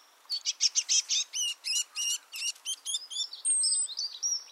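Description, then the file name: Great tit calls: a rapid run of loud clipped notes that slows into evenly spaced ringing chips, closing with thin, level high whistles. "Parus major"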